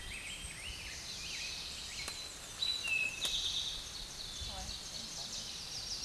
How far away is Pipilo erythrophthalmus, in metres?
about 25 m